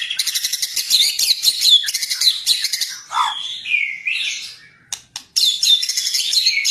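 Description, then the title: White-rumped shama song, a dense run of high buzzy trills and quick chattering notes, with a slurred falling whistle midway and brief pauses before the rapid trilling resumes. Training recording for cage birds (masteran); full song in the ngerol (continuous rolling) and nembak (sharp shooting bursts) styles. "Masteran Murai Batu Full Ngerol Nembak"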